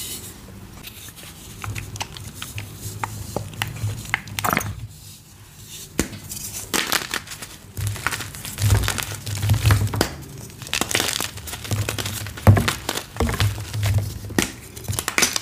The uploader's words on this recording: Purple Cornstarch Crunchies. Satisfying crunchy cornstarch + fresh blocks + cyan shimmer oil #asmr #satisfying #gymchalk #dyedgymchalk.